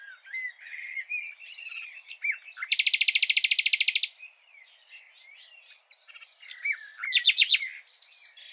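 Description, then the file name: Common nightingale song with varied whistles and chirps, a loud rapid rattling trill in the middle, and another short burst of repeated notes near the end. "Luscinia megarhynchos"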